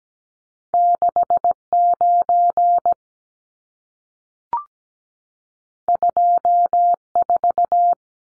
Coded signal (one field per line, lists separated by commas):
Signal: Morse code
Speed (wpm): 17 wpm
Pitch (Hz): 700 Hz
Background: none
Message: 69 24